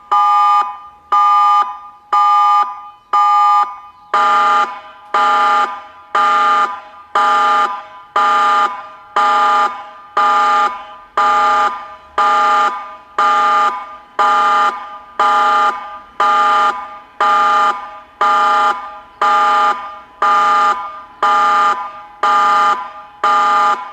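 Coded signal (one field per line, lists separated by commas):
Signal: siren signal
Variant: Meerkat electronic siren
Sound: electronic siren pulsing on and off about once a second, harsh buzzy tone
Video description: Part 2 of 3 with the signal "TSUNAMI ALERT". Signal: Pulsating continuous tone Duration: 105 sec. Meaning: Danger of a tsunami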